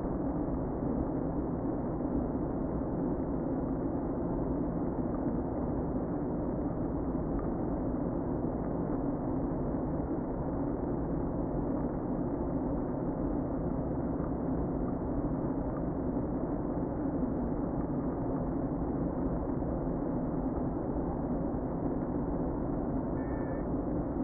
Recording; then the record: honeybee colony, microphone inside the hive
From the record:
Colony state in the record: queen present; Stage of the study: before two queens were removed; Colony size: about 60,000 bees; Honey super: yes